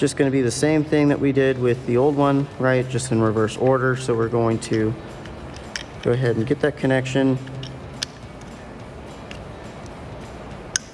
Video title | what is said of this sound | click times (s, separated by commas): 2018-2023 Mustang Infotainment Digital Gauge Instrument Panel Speedometer Cluster Review & Install | put in here, hear that nice little click, | 10.8 s